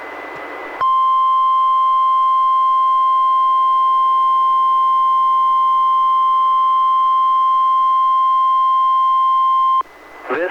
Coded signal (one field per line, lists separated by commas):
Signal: Emergency Alert System (SAME) tones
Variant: 1050 Hz attention tone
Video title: EAS #426-428: 1 NWR and 2 EAS Required Monthly Tests- Oct. 15, 2020- 10:15AM PDT